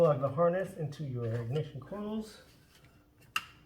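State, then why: Seated. A plastic engine wiring harness connector is pushed onto an ignition coil on a 2016 Audi A7 Quattro Prestige (C7.5/4G8) after new spark plugs go in. Someone talks, then a single sharp click is heard at 3.4 s as the connector seats.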